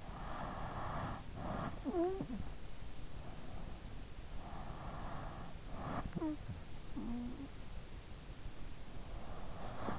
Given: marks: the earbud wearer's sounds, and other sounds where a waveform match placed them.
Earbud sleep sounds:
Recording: sounds in sleep by an in-ear microphone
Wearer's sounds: snoring breath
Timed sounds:
0.00-2.42 s: snoring breath

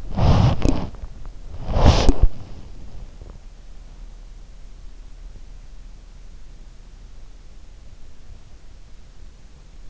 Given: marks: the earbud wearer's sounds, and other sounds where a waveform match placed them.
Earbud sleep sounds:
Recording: sounds in sleep by an in-ear microphone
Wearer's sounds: body movement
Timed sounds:
0.00-2.96 s: body movement

